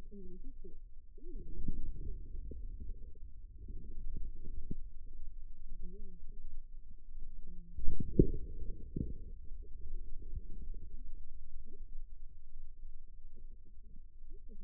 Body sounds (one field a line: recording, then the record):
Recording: forearm muscle sounds (acoustic myography)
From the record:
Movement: inward rotation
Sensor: system 2, bracelet of six BSWA MPA416 microphones around the upper forearm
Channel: 3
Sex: male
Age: 22 years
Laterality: right